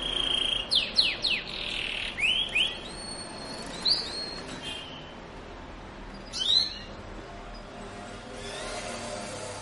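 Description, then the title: Belgian canary song of quick descending chirps and thin whistled slurs, in a fast run at first, then fewer scattered notes and a faint hiss. Belgian canary song played to warm up and stimulate other canaries to sing; mating song. "Canto Para Esquentar Canário Belga. suara kenari kawin"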